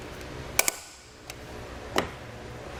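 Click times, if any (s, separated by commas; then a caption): 0.6 s, 0.7 s. The supplied torque-limiting tool tightens the tower clamp hardware of a Yakima RidgeLine roof rack for flush rails on a 2019 Toyota Corolla Hatchback. It gives two sharp clicks at 0.6 s and 0.7 s, followed by a faint tick at 1.3 s and another sharp transient at 2.0 s over low background noise. The clicks confirm the hardware is torqued down to the specified torque.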